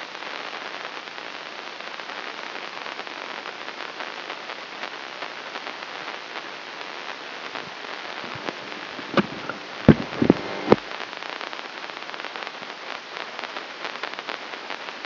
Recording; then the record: brain microelectrode recording played as sound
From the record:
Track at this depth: inside the subthalamic nucleus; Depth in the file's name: 0.601 mm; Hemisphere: left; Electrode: 3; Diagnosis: Parkinson's disease